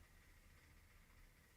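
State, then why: Not seated. A plastic LEGO Technic part is handled against the front section of a LEGO Technic car model during the build, giving a low, steady background hum and faint rustle. A brief sharp sound arrives at 1.6 s as the clip ends, but nothing has seated or clicked yet.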